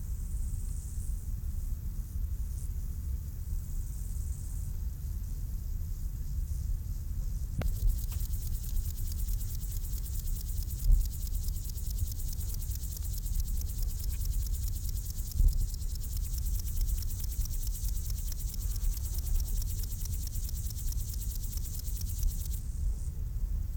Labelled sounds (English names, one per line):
Bow-winged Grasshopper stridulation